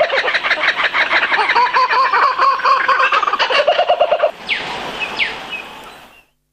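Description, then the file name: Laughing kookaburra laughing: rapid, rolling chuckles of repeated notes for about four seconds, then two sharp swooping notes as the sound fades out. "waraikawasemi"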